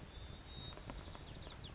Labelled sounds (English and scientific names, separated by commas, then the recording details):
White-crowned Sparrow (Zonotrichia leucophrys)
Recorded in Sonoma County, California